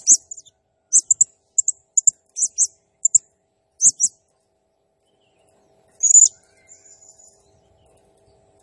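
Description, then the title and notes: Blue-crowned hanging parrot chattering with rapid, high, sharp squeaky notes, then a longer shrill note followed by faint softer twitters. Calling vigorously (gacor, 'nembak'); used as a masteran training sound and lure, said to provoke all other birds. "Burung Serindit Nembak Gacor Bikin Emosi Semua Burung. Suara Nasteran Dan Pemikat Burung Serinditan Gacor"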